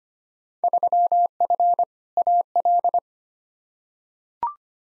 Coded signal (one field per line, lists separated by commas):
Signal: Morse code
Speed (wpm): 25 wpm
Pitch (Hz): 700 Hz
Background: none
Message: 3F AL